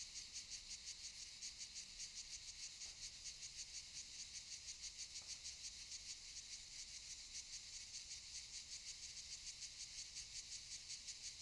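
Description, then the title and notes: Continuous cicada chorus, high and grating, with a fast even pulse. Cicadas recorded around 18:40 in the evening on Monte de Valdelatas near Universidad Autónoma de Madrid, Spain, before Madrid reached Phase 3 of COVID de-escalation. "Sonido de cigarras y chicharras. A las 18:40 de la tarde aproximadamente, en el monte de Valdelatas próximo a la Universidad Autónoma de Madrid"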